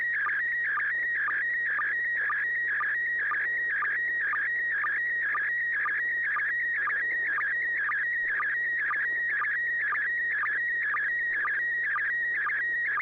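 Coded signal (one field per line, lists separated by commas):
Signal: SSTV (slow-scan television)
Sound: warbling tone between 1.5 and 2.3 kHz with rhythmic short low blips twice a second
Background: low hum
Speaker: uh thank you yeah a good copy here uh let's see what Joel thinks the as6 DG did you receive that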